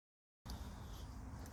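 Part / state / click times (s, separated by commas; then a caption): telescoping pole lock in an instant tent frame / not seated / none. A telescoping pole lock on an instant tent frame is handled while the frame is extended. After about 0.4 s of silence, steady low rumbling handling noise begins, with a brief sharp tick near 0.5 s. Nothing has seated or clicked into place yet.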